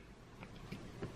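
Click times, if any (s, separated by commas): none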